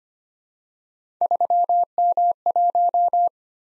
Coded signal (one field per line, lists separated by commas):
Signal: Morse code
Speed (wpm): 25 wpm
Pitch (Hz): 700 Hz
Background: none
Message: 3M1